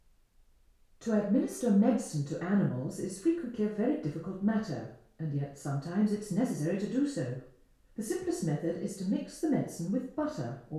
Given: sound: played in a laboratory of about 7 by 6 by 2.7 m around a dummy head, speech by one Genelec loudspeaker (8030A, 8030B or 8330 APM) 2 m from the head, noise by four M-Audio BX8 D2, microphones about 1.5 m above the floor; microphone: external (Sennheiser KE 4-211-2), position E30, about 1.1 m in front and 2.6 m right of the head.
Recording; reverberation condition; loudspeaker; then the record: female speech in English; medium; 60 degrees to the right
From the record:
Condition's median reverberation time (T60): about 510 ms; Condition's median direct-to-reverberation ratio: about -0.5 dB